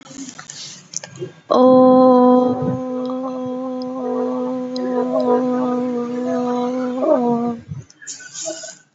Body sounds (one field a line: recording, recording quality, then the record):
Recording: sustained vowel as in boot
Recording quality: excellent, no background noise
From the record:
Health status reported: COVID-19 positive, no symptoms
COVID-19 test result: positive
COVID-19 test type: RT-PCR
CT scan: not taken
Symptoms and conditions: none ticked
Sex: female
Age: 22 years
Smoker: no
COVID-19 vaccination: none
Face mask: not worn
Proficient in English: yes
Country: India